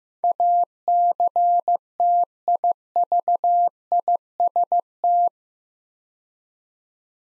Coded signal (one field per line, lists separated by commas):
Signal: Morse code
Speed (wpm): 15 wpm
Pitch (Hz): 700 Hz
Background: none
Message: ACTIVIST